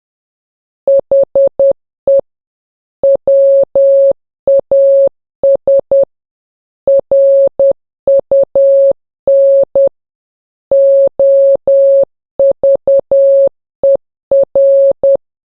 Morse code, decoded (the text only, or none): HE WAS RUN OVER